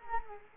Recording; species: mosquito wingbeat signal from an infrared sensor; Culex quinquefasciatus